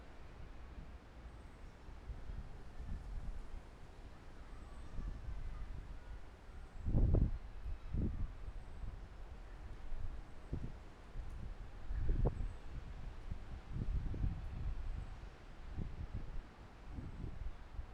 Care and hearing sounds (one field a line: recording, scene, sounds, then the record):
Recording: everyday scene through a hearing-aid microphone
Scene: wind on the microphone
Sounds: squally wind, voices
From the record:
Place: parking lot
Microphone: behind the ear, left, rear